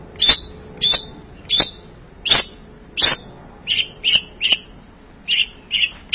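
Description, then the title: Bird calls: sharp high chirps repeated at irregular intervals, the later ones lower in pitch. "burung online"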